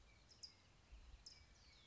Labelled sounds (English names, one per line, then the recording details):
California Towhee
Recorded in Sonoma County, California